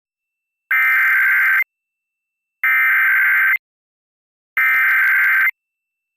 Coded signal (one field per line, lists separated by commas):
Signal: Emergency Alert System (SAME) tones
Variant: header bursts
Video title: EAS Tornado Warning During Curious George (7-18-2022 WMPB-DT3)